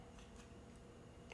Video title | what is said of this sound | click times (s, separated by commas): Wismec Reuleaux RX2/3 Review | and then it pops right open | 1.3 s